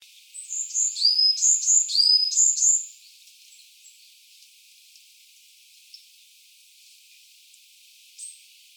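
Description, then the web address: Varied tit giving one bout of high, slurred two-note phrases repeated several times, followed by near quiet with occasional faint ticks. Recorded 17 March 2017. "birdenaga yamagara"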